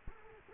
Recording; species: mosquito wingbeat signal from an infrared sensor; Culex quinquefasciatus